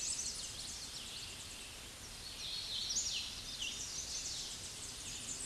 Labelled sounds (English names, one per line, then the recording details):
Hooded Warbler song
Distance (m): 30 m
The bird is about 10 m above the microphone
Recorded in a Pennsylvania forest on 16 May 2024 at 08:16
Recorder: AudioMoth, point MSD-1482
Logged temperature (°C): 15.6 °C
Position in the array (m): 157 m, 122 m